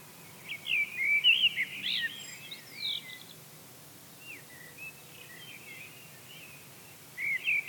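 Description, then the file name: Eurasian blackbird singing a warbling fluted phrase with squeaky high notes, quieter twittering afterward, then another phrase begins. "Turdus merula"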